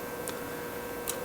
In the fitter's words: you should hear little clicks once they go in